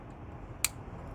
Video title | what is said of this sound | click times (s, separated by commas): Toyota Ignition Coil 4 Pin Plug Connector Replacement Easy Repair | and you hear the snapping sound so | 0.6 s